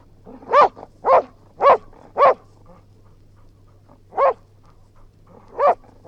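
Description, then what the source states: English springer spaniel giving loud harmonic barks, four in quick succession, then a pause and two more single barks, with a steady low hum beneath. Springer spaniel barking, growling and panting.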